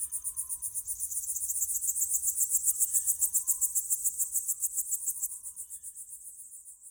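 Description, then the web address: Cricket: loud, evenly pulsed high cricket chirping swelling then fading slightly, with a few faint lower whistled owl notes in the background. Summer night ambience with crickets and owls. "Ivo Vicic - Natural ambiences vol 1 Crickets_owls_summer night"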